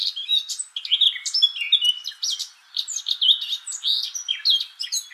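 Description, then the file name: Eurasian blackcap song: continuous rapid warbling, a tumbling mix of clear whistles and scratchy notes with a brief break midway. "Sylvia atricapilla"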